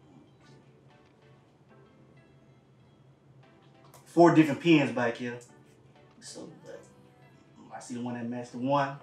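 Someone talks while lining up the four-pin cable connector of an Aputure LS 600d with its socket on the light head/control box, matching the pins before pushing it in, over faint steady music in the background. Nothing has seated or clicked yet.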